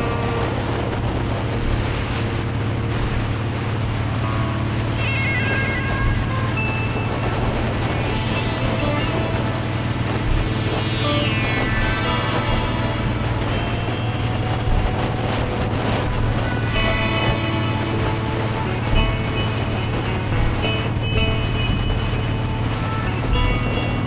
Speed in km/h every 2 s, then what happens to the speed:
61, 63, 63, 66, 68, 66, 64, 64, 64, 66, 64, 66.
0-7 speeds up to 68. 7-24 steady at about 64.